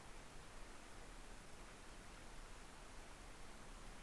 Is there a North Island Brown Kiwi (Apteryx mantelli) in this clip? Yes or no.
no